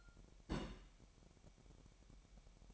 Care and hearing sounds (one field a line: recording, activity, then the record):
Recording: daily activity, microphone in the room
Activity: place on stove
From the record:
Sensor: 1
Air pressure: 1012.1 hPa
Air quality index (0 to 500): 225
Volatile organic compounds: 5 ppm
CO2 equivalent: 1800 ppm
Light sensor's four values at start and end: 66/156/67/71 and 66/156/67/71